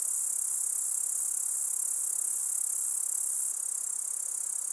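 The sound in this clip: Grasshopper song as a continuous, very high buzzing hiss with a faint rapid pulsing, holding nearly steady from start to finish.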